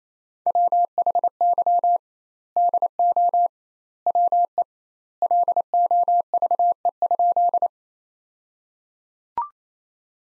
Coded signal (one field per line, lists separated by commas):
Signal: Morse code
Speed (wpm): 28 wpm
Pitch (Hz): 700 Hz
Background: none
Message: WHY DO WE LOVE?